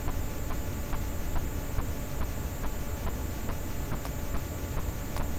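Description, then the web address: Sperm whale clicks, short sharp ticks repeating about every half second, some louder than others, over continuous deep water noise. "Physeter Macrocephalus cachalot"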